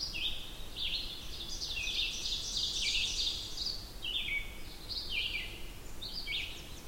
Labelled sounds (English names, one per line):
Ovenbird song